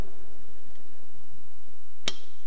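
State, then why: Torque reached. A torque wrench is tightened on one of the two remaining nuts of a BOOST cylinder head on a Doppler ER1. After about two seconds of quiet low-level background, a single short, sharp click sounds at 2.1 s as the wrench reaches its setting, followed by a faint high ring. The nut is confirmed torqued to the set value.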